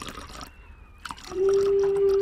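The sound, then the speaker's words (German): Vodka poured into a glass: a light splash and trickle, then a steady, ringing pour that swells louder and holds its tone for about a second, with no voices. “Der wirkt aber schnell, der Wodka. Mehr? Bitte?”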